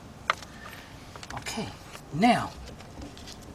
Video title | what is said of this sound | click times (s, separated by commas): ⭐ 2011 GMC Acadia - 3.6 - Radiator Fan Assembly Replacement | to lock into place okay | 0.3 s